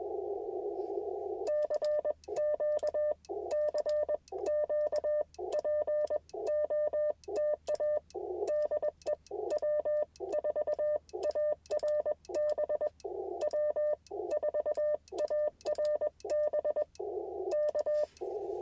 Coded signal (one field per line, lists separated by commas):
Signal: Morse code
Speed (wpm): 21 wpm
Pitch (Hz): 600 Hz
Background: radio noise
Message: CQ CQ POTA DE W4ARB W4ARB K